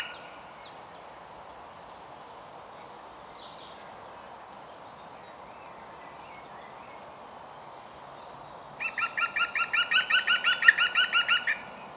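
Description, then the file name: European green woodpecker laughing call: a long quiet stretch with soft high notes, then a loud run of ringing notes about three per second near the end. "Groene Specht Picus viridis"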